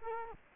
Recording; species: mosquito wingbeat signal from an infrared sensor; Culex quinquefasciatus